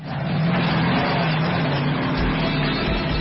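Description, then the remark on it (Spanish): A car engine roars steadily for a few seconds, its droning pitch wavering up and down as it revs, with a deeper rumble swelling near the end. No one speaks. “Los motores son sometidos a exigencias extremas.”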